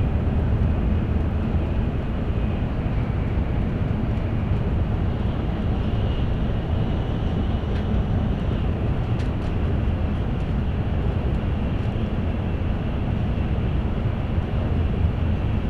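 Inside a Tokaido Shinkansen Kodama train running from Nagoya toward Toyohashi, a steady, dense rumble fills the whole clip, heaviest in the low range. A faint whine sits above it, and a few brief light clicks come through around nine to twelve seconds.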